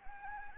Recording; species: mosquito wingbeat signal from an infrared sensor; Anopheles gambiae